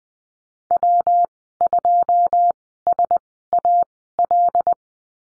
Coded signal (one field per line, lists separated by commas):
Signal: Morse code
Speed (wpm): 20 wpm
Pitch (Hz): 700 Hz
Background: none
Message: W2SAL